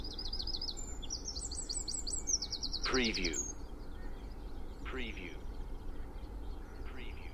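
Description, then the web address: Songbirds in a dawn chorus: fast high trills early on, then a few descending calls about every two seconds, with traffic rumbling beneath. Spring dawn chorus in Cheshire, UK, with distant traffic noise. "beanstalk-audio Spring dawn chorus with distant traffic noise Cheshire UK"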